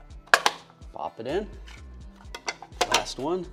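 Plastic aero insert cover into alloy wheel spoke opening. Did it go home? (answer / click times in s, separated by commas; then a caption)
yes / 0.3 s. A Team 1EV plastic aero insert cover is pressed down into a spoke opening of a 20-inch alloy A/T wheel on a Rivian R1T/R1S until it snaps in with a sharp click at 0.3 s, followed by a few more light knocks and taps. Someone talks throughout, and the cover is seated.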